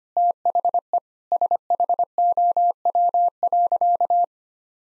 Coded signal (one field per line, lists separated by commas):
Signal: Morse code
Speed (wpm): 25 wpm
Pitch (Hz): 700 Hz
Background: none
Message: THE SHOW.